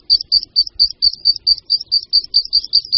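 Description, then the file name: Meadow pipit song, a quick series of sharp, high, slightly buzzy notes repeated evenly, roughly four per second. "Linduška luční"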